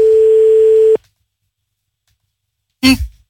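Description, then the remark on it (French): A telephone dial tone as a phone number is dialed live on air: a steady, loud, single-pitched tone hums for about a second and cuts off abruptly, followed by two seconds of silence and then a short, harsh burst of noise. “On y va, on compose le numéro de téléphone en direct.”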